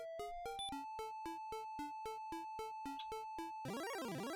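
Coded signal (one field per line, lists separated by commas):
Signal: none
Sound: game menu beeps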